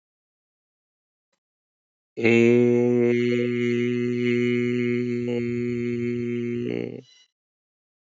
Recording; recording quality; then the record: sustained vowel as in made; excellent, no background noise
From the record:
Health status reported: healthy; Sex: male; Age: 38 years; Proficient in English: yes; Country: India